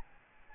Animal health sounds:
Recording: mosquito wingbeat signal from an infrared sensor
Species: Aedes albopictus

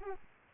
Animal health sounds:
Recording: mosquito wingbeat signal from an infrared sensor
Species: Aedes aegypti

